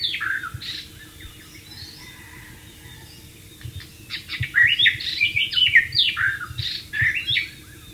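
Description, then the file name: White-rumped shama song: a short warbled phrase, a pause, then a long lively sequence of sweeping whistles and quick slurred notes, with a steady low drone. "suara burung murai batu di alam liar"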